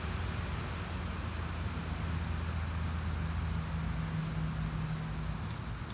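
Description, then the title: Grasshopper song: several high pulsed rasps over droning traffic. Sunny day at Pins Noirs, Chaussée de Tervueren, Auderghem, Brussels, Belgium, with car traffic passing; recorded with DPA 4060 microphones in AB position into a Zoom F3. "Chaussée de Tervueren, Pins Noirs, Auderghem, Bruxelles-Capitale, 1160, Belgique - Sauterelles - Grasshoppers"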